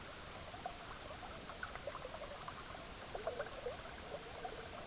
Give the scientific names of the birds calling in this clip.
none